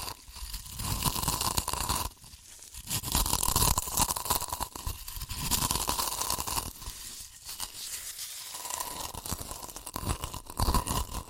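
Crunchy chips are crushed and eaten in dense, crackling bursts that run almost without pause for the whole eleven seconds. The bright, papery crackle swells and fades unevenly, with brief dips near two, five and seven to eight seconds before the crunching picks back up.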